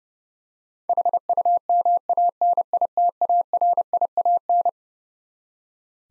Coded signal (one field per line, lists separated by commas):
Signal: Morse code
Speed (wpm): 30 wpm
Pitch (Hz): 700 Hz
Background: none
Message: HUMANITARIAN